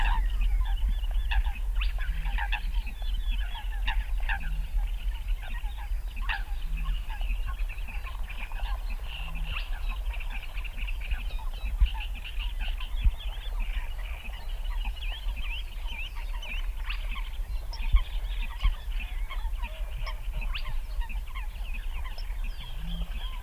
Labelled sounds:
Spotted Crake

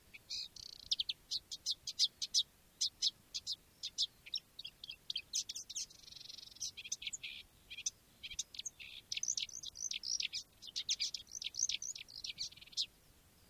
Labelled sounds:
Marsh Warbler

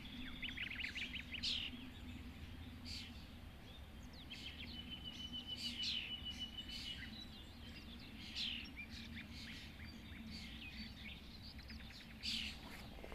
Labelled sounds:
Common Pheasant

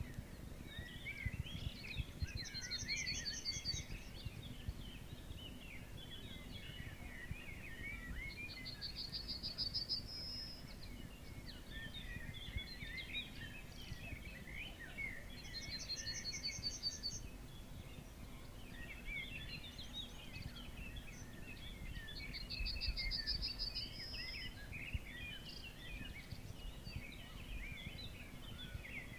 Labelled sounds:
Yellowhammer

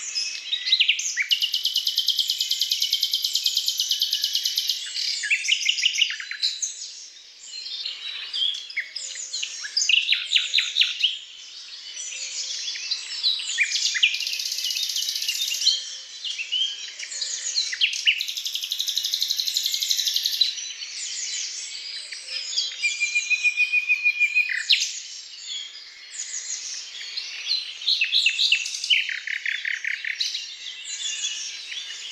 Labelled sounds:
Common Nightingale song

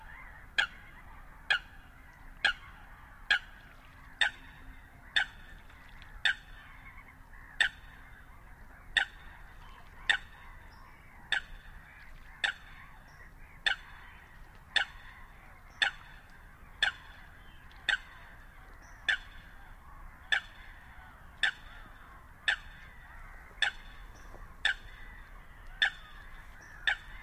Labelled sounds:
Eurasian Coot call

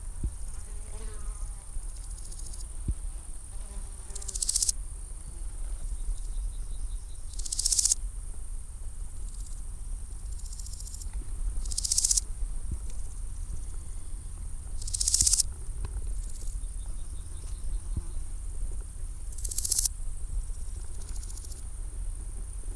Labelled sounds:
Large Gold Grasshopper stridulation

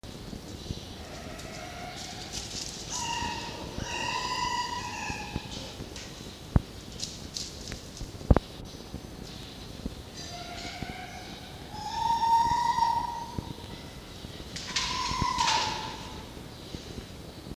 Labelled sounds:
Red Fox

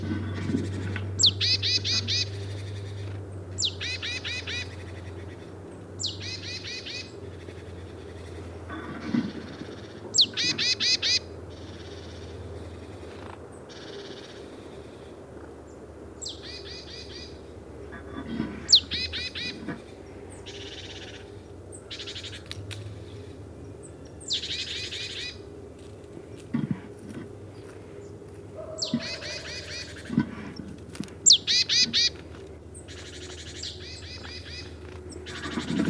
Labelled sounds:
Great Tit call

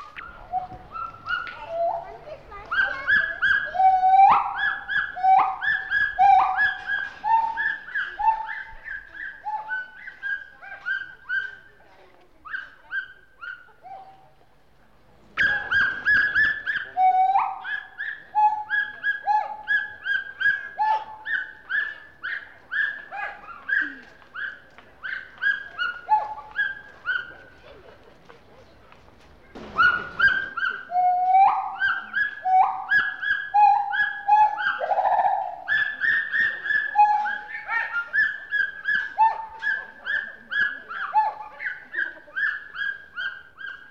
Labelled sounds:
Pileated Gibbon

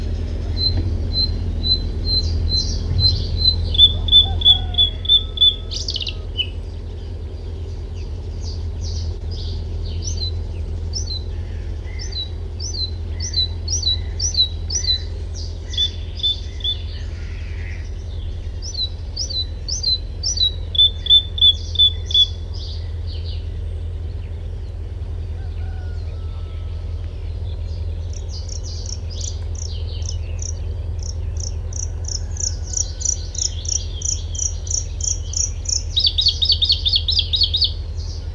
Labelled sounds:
Bluethroat song

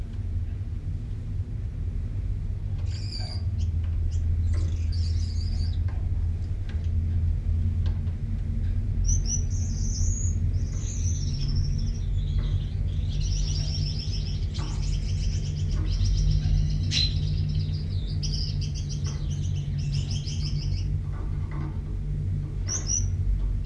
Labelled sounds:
Common Chaffinch

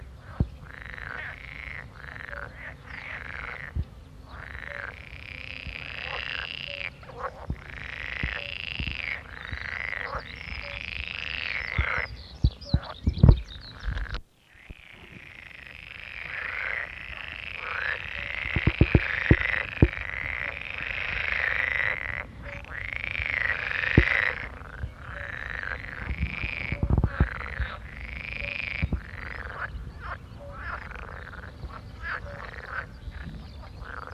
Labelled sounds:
Pool Frog call

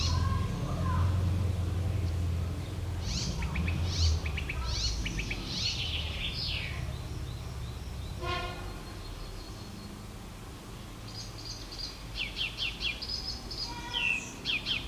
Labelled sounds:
Icterine Warbler song

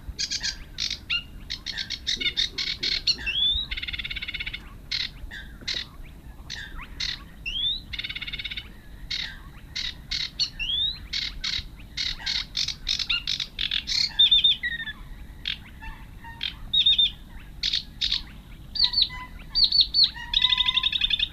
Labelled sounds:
Sedge Warbler song

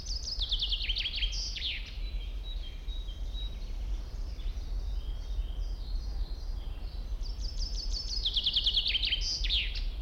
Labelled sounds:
Common Chaffinch

